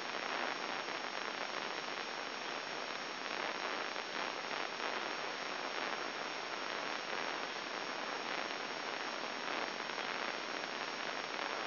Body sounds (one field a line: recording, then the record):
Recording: brain microelectrode recording played as sound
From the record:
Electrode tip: inside the subthalamic nucleus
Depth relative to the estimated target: 1 mm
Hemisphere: left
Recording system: AlphaMap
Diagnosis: Parkinson's disease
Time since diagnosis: 7 years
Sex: male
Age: 59 years